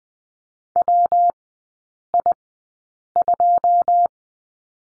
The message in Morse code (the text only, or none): WI2